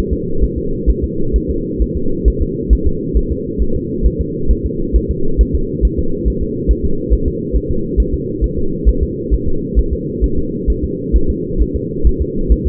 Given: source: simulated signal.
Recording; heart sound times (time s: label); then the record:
fetal heart sounds
0.13 s: S2
0.44 s: S1
0.58 s: S2
0.90 s: S1
1.04 s: S2
1.36 s: S1
1.50 s: S2
1.82 s: S1
1.97 s: S2
2.28 s: S1
2.42 s: S2
2.73 s: S1
2.87 s: S2
3.17 s: S1
3.32 s: S2
3.62 s: S1
3.76 s: S2
4.06 s: S1
4.21 s: S2
4.51 s: S1
4.66 s: S2
4.96 s: S1
5.11 s: S2
5.41 s: S1
5.55 s: S2
5.85 s: S1
5.99 s: S2
6.28 s: S1
6.42 s: S2
6.71 s: S1
6.85 s: S2
7.13 s: S1
7.28 s: S2
7.56 s: S1
7.71 s: S2
8.00 s: S1
8.14 s: S2
8.44 s: S1
8.58 s: S2
8.89 s: S1
9.03 s: S2
9.33 s: S1
9.48 s: S2
9.79 s: S1
9.93 s: S2
10.24 s: S1
10.38 s: S2
10.70 s: S1
10.84 s: S2
11.16 s: S1
11.30 s: S2
11.61 s: S1
11.76 s: S2
12.07 s: S1
12.21 s: S2
12.52 s: S1
12.67 s: S2
From the record:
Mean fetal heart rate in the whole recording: 135 bpm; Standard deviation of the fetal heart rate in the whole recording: 3 bpm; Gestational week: 34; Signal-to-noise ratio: -8.1 dB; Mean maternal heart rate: 72 bpm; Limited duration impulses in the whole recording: absent